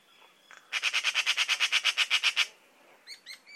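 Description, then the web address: Bird giving a rapid chatter of about fourteen harsh notes, followed by three short high chirps. Labelled in a bird-only dataset under the class "Pi Pi Pi Pi", 2025. "Bird Only More Classes Pi Pi Pi Pi"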